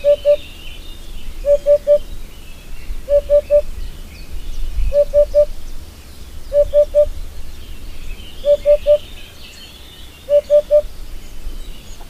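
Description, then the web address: Eurasian hoopoe giving steady low hoop-hoop-hoop phrases, seven triplets spaced about every one and a half seconds, with faint birdsong behind. "agykontroll Madardalok Cd 2. Búbosbanka"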